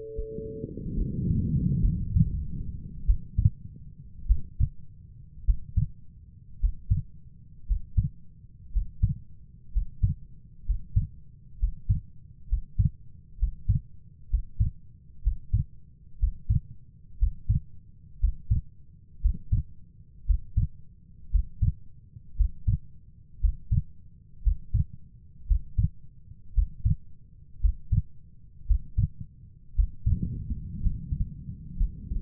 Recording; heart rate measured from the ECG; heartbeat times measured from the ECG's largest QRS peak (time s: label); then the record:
heart sounds by stethoscope; 58 bpm
0.95 s: heartbeat
1.80 s: heartbeat
3.05 s: heartbeat
4.26 s: heartbeat
5.45 s: heartbeat
6.59 s: heartbeat
7.66 s: heartbeat
8.72 s: heartbeat
9.72 s: heartbeat
10.65 s: heartbeat
11.58 s: heartbeat
12.48 s: heartbeat
13.38 s: heartbeat
14.29 s: heartbeat
15.22 s: heartbeat
16.18 s: heartbeat
17.18 s: heartbeat
18.19 s: heartbeat
19.21 s: heartbeat
20.25 s: heartbeat
21.30 s: heartbeat
22.36 s: heartbeat
23.40 s: heartbeat
24.42 s: heartbeat
25.47 s: heartbeat
26.53 s: heartbeat
27.60 s: heartbeat
28.66 s: heartbeat
29.74 s: heartbeat
30.81 s: heartbeat
31.77 s: heartbeat
From the record:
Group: healthy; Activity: breath hold 0-30 s, rest 30-32 s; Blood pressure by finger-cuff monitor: 102/61 mmHg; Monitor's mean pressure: 71 mmHg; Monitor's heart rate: 57 bpm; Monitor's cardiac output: 4.8 L/min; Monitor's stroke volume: 82 mL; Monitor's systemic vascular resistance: 990 dyn s/cm5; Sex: female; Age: 28 years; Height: 170 cm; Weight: 77 kg